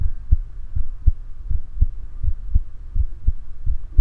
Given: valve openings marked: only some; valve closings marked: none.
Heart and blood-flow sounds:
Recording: heart sounds by stethoscope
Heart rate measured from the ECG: 82 bpm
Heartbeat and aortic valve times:
0.03 s: heartbeat (ECG mark)
0.78 s: heartbeat (ECG mark)
1.53 s: heartbeat (ECG mark)
1.59 s: aortic valve opens (echo mark)
2.26 s: heartbeat (ECG mark)
2.33 s: aortic valve opens (echo mark)
2.98 s: heartbeat (ECG mark)
3.69 s: heartbeat (ECG mark)
From the record:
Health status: healthy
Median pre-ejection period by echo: 70 ms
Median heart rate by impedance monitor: 82 bpm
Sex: male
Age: 20 years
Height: 181 cm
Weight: 68 kg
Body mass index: 20.76

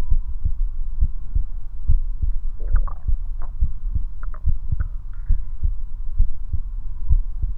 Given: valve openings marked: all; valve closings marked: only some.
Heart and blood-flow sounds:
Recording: heart sounds by stethoscope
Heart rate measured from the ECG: 69 bpm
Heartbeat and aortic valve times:
0.14 s: heartbeat (ECG mark)
0.17 s: aortic valve opens (echo mark)
0.46 s: aortic valve closes (echo mark)
1.04 s: heartbeat (ECG mark)
1.08 s: aortic valve opens (echo mark)
1.36 s: aortic valve closes (echo mark)
1.91 s: heartbeat (ECG mark)
1.95 s: aortic valve opens (echo mark)
2.24 s: aortic valve closes (echo mark)
2.76 s: heartbeat (ECG mark)
2.80 s: aortic valve opens (echo mark)
3.10 s: aortic valve closes (echo mark)
3.64 s: heartbeat (ECG mark)
3.68 s: aortic valve opens (echo mark)
3.97 s: aortic valve closes (echo mark)
4.49 s: heartbeat (ECG mark)
4.53 s: aortic valve opens (echo mark)
4.82 s: aortic valve closes (echo mark)
5.32 s: heartbeat (ECG mark)
5.36 s: aortic valve opens (echo mark)
5.65 s: aortic valve closes (echo mark)
6.21 s: heartbeat (ECG mark)
6.25 s: aortic valve opens (echo mark)
6.56 s: aortic valve closes (echo mark)
7.12 s: heartbeat (ECG mark)
7.17 s: aortic valve opens (echo mark)
From the record:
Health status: healthy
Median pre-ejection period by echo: 42 ms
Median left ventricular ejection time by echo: 289 ms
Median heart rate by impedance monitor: 69 bpm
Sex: male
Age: 19 years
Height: 179 cm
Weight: 78 kg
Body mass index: 24.34

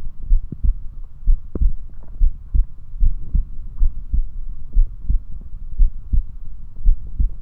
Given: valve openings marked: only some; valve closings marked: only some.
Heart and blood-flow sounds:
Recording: heart sounds by stethoscope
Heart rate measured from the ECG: 64 bpm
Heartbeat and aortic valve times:
0.31 s: heartbeat (ECG mark)
0.37 s: aortic valve opens (echo mark)
0.66 s: aortic valve closes (echo mark)
1.28 s: heartbeat (ECG mark)
1.35 s: aortic valve opens (echo mark)
1.62 s: aortic valve closes (echo mark)
2.22 s: heartbeat (ECG mark)
2.28 s: aortic valve opens (echo mark)
2.55 s: aortic valve closes (echo mark)
3.02 s: heartbeat (ECG mark)
3.09 s: aortic valve opens (echo mark)
3.35 s: aortic valve closes (echo mark)
3.81 s: heartbeat (ECG mark)
4.78 s: heartbeat (ECG mark)
4.84 s: aortic valve opens (echo mark)
5.10 s: aortic valve closes (echo mark)
5.81 s: heartbeat (ECG mark)
5.86 s: aortic valve opens (echo mark)
6.14 s: aortic valve closes (echo mark)
6.87 s: heartbeat (ECG mark)
6.93 s: aortic valve opens (echo mark)
From the record:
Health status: healthy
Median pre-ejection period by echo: 59 ms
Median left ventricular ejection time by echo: 274 ms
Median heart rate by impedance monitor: 62 bpm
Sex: male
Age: 21 years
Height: 174 cm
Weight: 70 kg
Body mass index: 23.12

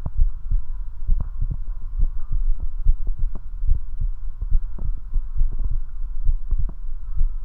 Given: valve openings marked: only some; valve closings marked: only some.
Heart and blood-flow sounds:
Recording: heart sounds by stethoscope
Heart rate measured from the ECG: 69 bpm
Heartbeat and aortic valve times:
0.20 s: heartbeat (ECG mark)
0.27 s: aortic valve opens (echo mark)
0.53 s: aortic valve closes (echo mark)
1.10 s: heartbeat (ECG mark)
1.17 s: aortic valve opens (echo mark)
1.42 s: aortic valve closes (echo mark)
2.01 s: heartbeat (ECG mark)
2.09 s: aortic valve opens (echo mark)
2.32 s: aortic valve closes (echo mark)
2.87 s: heartbeat (ECG mark)
2.95 s: aortic valve opens (echo mark)
3.19 s: aortic valve closes (echo mark)
3.69 s: heartbeat (ECG mark)
3.77 s: aortic valve opens (echo mark)
4.02 s: aortic valve closes (echo mark)
4.53 s: heartbeat (ECG mark)
4.60 s: aortic valve opens (echo mark)
4.86 s: aortic valve closes (echo mark)
5.39 s: heartbeat (ECG mark)
6.27 s: heartbeat (ECG mark)
6.35 s: aortic valve opens (echo mark)
6.60 s: aortic valve closes (echo mark)
7.19 s: heartbeat (ECG mark)
7.26 s: aortic valve opens (echo mark)
From the record:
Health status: healthy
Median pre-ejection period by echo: 74 ms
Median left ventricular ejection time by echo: 249 ms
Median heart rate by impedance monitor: 69 bpm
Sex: male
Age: 21 years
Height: 170 cm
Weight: 85 kg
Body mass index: 29.41

